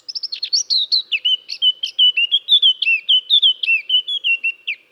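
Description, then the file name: Eurasian blackcap singing a rich, clear fluted warble of rapid repeated whistled notes, preceded by a brief chattering start. "Sylvia atricapilla"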